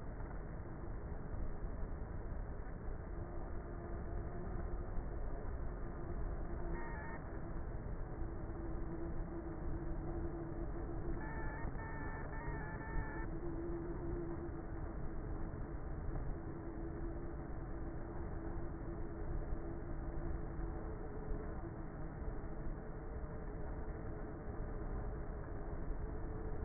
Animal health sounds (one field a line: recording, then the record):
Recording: honeybee colony, microphone inside the hive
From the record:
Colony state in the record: queenless with a low population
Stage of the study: before two queens were removed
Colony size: about 30,000 bees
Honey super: no